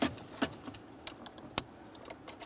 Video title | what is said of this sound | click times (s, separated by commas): How to Replace Steering Column Shift Tube 2001-2005 Ford Explorer Sport Trac | got a nice click there give it a tug | 1.6 s